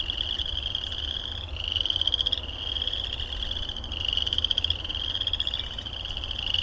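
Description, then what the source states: Frogs trilling in overlapping waves of rapid, buzzy pulses that surge roughly every two seconds, with a faint low hum. Recorded at Heartland Meadows.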